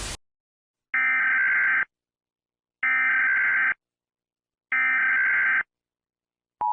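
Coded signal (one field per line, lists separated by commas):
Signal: Emergency Alert System (SAME) tones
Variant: header bursts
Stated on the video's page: Fictional EAS scenario, simulated alert.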